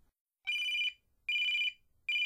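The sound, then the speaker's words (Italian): A telephone rings in steady electronic tones, two full bursts and the start of a third, each about half a second long with short pauses between, high-pitched and clear with no talking. “Ascolta la telefonata.”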